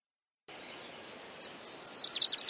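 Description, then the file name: Leaf warbler singing a high-pitched phrase. Separate thin notes quicken into a rapid, tumbling twitter that is still going when the recording ends. "suara-kicauan-burung-cikrakperi-biru omkicau"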